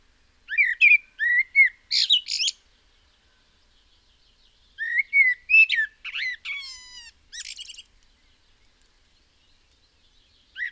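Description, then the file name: Common blackbird delivering fluty warbled phrases that end in shrill, buzzy twitters, two full phrases and the start of a third after a pause. "Turdus merula"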